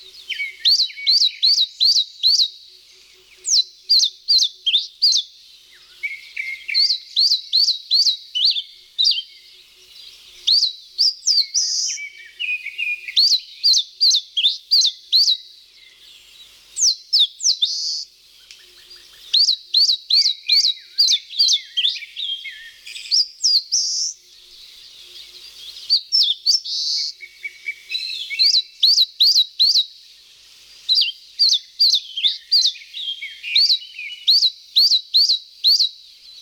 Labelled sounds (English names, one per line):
Eastern Crowned Warbler song